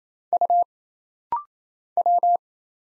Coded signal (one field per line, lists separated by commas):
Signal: Morse code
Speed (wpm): 28 wpm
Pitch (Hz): 700 Hz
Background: none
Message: U W